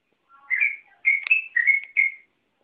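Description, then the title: Oriental magpie-robin song: a short phrase of four whistled, slightly slurred notes with a faint lower warble at the start, then silence. "Kicau Kacer"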